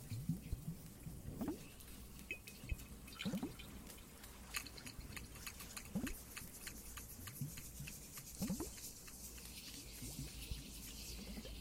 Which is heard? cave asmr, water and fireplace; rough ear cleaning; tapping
cave asmr, water and fireplace